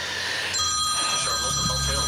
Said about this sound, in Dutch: Oh, er gaat even een telefoon af, maar die wordt even nu op stil gezet.